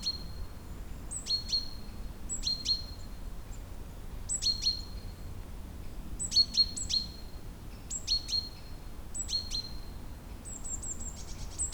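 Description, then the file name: Great tit calls repeated many times, each a high whistle dropping to twin lower notes, ending with a longer thin high trill. "Parus major"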